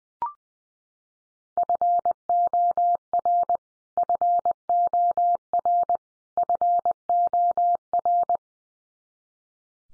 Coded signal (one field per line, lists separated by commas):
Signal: Morse code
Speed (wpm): 20 wpm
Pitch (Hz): 700 Hz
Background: none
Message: FOR FOR FOR